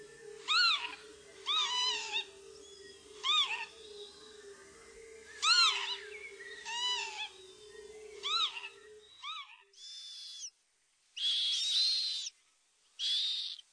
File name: czajka